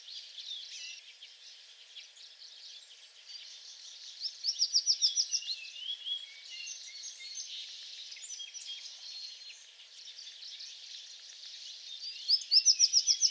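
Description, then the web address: American tree sparrow singing a rapid series of high, sweet slurred notes, heard twice, over a steady background chatter of other small birds. Recorded on 28 April 2022; several songs. "soundrecordings 2022-04-28 American Tree Sparrow songs"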